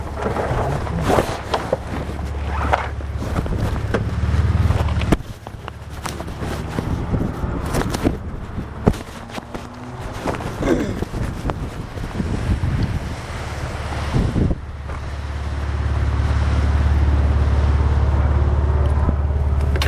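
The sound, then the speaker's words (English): Wind blows hard outdoors, a steady low roar buffeting the microphone, with gusts surging and easing before building to a heavier, sustained rush near the end. “And that's the wind blew it away.”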